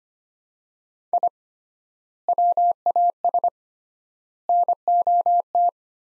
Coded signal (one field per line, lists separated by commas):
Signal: Morse code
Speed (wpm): 25 wpm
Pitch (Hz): 700 Hz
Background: none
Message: I WAS NOT